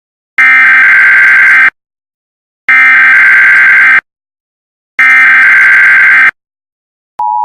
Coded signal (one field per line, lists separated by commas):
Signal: Emergency Alert System (SAME) tones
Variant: header bursts